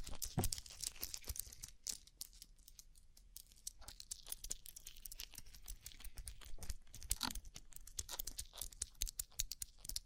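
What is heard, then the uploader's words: Rhinestone-covered tapping: quick, irregular clicks and light crinkling rattles run through the whole ten seconds, crisp and bright with little low end. A few louder sharp taps stand out near the start and around seven seconds, over a faint steady hiss. ASMR Rhinestone Covered Tapping 3Dio (No Talking).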